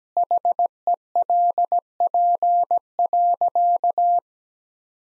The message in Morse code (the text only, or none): HELP.